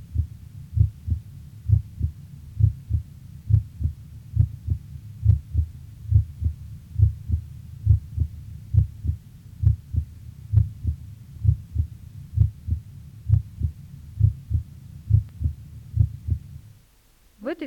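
Adult heart heard by stethoscope in the intercostal space to the left of the sternum, at the aortic area: normal heart sounds, about 67 beats per minute, with both heart sounds roughly equally loud. This point assesses the aortic valve.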